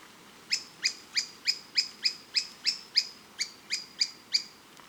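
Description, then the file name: Bird calls, sharp high downslurred notes repeated rapidly, about three per second, in a steady series of roughly a dozen. "SABIOD 50 bird 2015"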